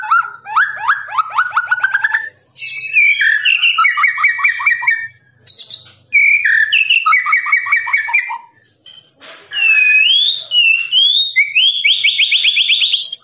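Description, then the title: Lovebird song of long ticking trills repeated in several bursts, ending with high sliding whistles and a sustained rapid trill. Long trilling "ngekek" song style, used as a master recording for training birds. "FULL DURASI MASTERAN LOVEBIRD NGEKEK PANJANG"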